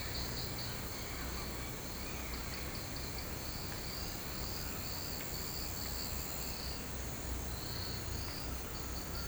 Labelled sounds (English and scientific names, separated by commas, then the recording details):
none
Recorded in pastures near Puerto Asís, Putumayo, Colombia, on 21 March 2025 at 16:30
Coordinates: 0.472, -76.329
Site G074